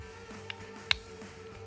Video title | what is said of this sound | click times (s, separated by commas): How to Disassemble and Reassemble Steyr Pro Hunter II | just like that snapped right into place | 0.9 s